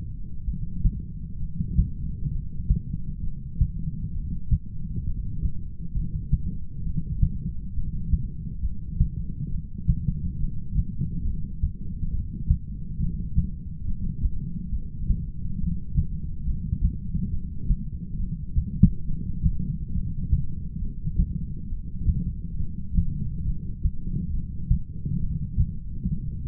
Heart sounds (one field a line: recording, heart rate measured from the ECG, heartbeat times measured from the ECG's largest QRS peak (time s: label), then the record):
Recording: heart sounds by stethoscope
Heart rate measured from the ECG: 68 bpm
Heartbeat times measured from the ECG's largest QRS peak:
0.45 s: heartbeat
1.38 s: heartbeat
2.31 s: heartbeat
3.21 s: heartbeat
4.13 s: heartbeat
5.05 s: heartbeat
5.94 s: heartbeat
6.84 s: heartbeat
7.74 s: heartbeat
8.62 s: heartbeat
9.50 s: heartbeat
10.39 s: heartbeat
11.25 s: heartbeat
12.11 s: heartbeat
12.99 s: heartbeat
13.86 s: heartbeat
14.71 s: heartbeat
15.58 s: heartbeat
16.45 s: heartbeat
17.32 s: heartbeat
18.18 s: heartbeat
19.06 s: heartbeat
19.94 s: heartbeat
20.81 s: heartbeat
21.69 s: heartbeat
22.58 s: heartbeat
23.46 s: heartbeat
24.33 s: heartbeat
25.21 s: heartbeat
26.09 s: heartbeat
From the record:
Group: heart failure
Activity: light exercise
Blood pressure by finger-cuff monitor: 116/76 mmHg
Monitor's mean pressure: 90 mmHg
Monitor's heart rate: 68 bpm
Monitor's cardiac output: 7.5 L/min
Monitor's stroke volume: 110 mL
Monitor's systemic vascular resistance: 880 dyn s/cm5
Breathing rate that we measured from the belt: 20 breaths a minute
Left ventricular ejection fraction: 25%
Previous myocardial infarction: absent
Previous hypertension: absent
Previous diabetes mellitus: absent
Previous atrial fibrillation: absent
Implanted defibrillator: absent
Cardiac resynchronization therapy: absent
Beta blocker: metoprolol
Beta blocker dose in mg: 62.5 twice daily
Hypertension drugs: ramipril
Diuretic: furosemide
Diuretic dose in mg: 40 twice daily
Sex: male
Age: 57 years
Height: 180 cm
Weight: 90.5 kg